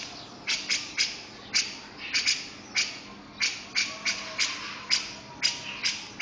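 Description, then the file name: Grey-cheeked bulbul giving harsh, raspy calls, repeated roughly every half second to second in short single or double bursts. "cucak jenggot om firly"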